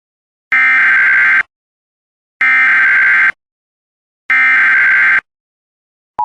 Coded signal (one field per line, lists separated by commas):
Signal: Emergency Alert System (SAME) tones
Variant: header bursts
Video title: EAS Compilation of Only Civil (Non-Weather) Alerts Vol. 2